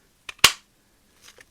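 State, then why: Seated. A strapped sheath is pushed onto the head of a CRKT Jenny Wren Compact axe and snaps into place with a loud, sharp click at 0.5 s, just after a smaller tick at 0.3 s. A few faint ticks follow around 1.3 to 1.4 s, and the sheath is seated firmly enough that it does not come off.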